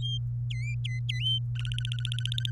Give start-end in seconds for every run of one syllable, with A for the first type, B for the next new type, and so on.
0.02-0.17 A, 0.50-1.39 B, 1.55-2.51 C